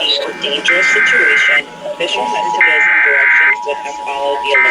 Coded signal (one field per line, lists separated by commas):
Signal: Emergency Alert System (SAME) tones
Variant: header bursts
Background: speech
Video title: EAS #1004-1012: Florida Required Monthly Test for May 2022 || 5/27/22